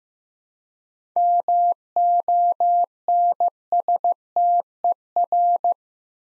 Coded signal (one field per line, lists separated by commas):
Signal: Morse code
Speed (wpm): 15 wpm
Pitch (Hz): 700 Hz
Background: none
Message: MONSTER